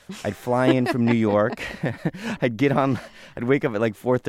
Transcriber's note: soundbite of laughter